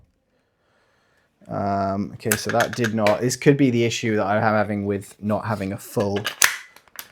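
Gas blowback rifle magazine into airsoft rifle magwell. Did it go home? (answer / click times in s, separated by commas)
yes / 7.0 s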